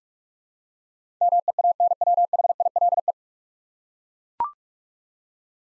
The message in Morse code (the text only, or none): MEANWHILE